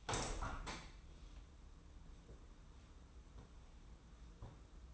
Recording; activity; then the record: daily activity, microphone in the room; open window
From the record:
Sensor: 1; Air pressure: 994.4 hPa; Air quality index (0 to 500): 212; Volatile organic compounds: 1000 ppm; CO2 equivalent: 7632 ppm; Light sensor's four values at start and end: 79/172/78/82 and 80/176/80/85